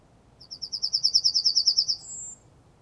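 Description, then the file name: Yellowhammer singing a quick series of high, rattling repeated notes that speed along evenly, ending in one long, thin, very high note. "Goldammer"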